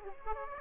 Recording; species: mosquito wingbeat signal from an infrared sensor; Aedes aegypti